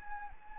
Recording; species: mosquito wingbeat signal from an infrared sensor; Anopheles gambiae